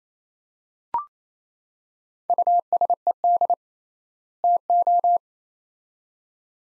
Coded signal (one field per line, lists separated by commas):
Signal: Morse code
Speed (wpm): 27 wpm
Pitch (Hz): 700 Hz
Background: none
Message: USED TO